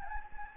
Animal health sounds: mosquito wingbeat signal from an infrared sensor; Anopheles gambiae

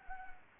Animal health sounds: mosquito wingbeat signal from an infrared sensor; Anopheles gambiae

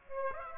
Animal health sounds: mosquito wingbeat signal from an infrared sensor; Aedes aegypti

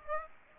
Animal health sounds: mosquito wingbeat signal from an infrared sensor; Aedes aegypti

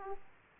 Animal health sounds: mosquito wingbeat signal from an infrared sensor; Aedes aegypti

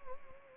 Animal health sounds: mosquito wingbeat signal from an infrared sensor; Anopheles arabiensis

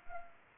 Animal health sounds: mosquito wingbeat signal from an infrared sensor; Anopheles arabiensis

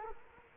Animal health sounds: mosquito wingbeat signal from an infrared sensor; Culex quinquefasciatus

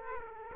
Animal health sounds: mosquito wingbeat signal from an infrared sensor; Aedes aegypti

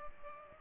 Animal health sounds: mosquito wingbeat signal from an infrared sensor; Culex pipiens

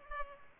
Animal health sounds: mosquito wingbeat signal from an infrared sensor; Culex pipiens

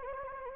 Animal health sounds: mosquito wingbeat signal from an infrared sensor; Anopheles gambiae

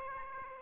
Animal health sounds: mosquito wingbeat signal from an infrared sensor; Aedes aegypti

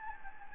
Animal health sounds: mosquito wingbeat signal from an infrared sensor; Anopheles gambiae

